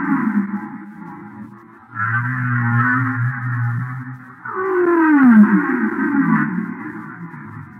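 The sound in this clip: Humpback whale song, low moans and a descending swept cry around the middle, layered with higher wavering harmonics, phrases shifting every couple of seconds.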